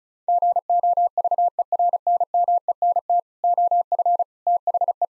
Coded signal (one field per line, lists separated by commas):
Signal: Morse code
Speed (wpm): 36 wpm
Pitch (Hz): 700 Hz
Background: none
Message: GOVERNMENT OF THE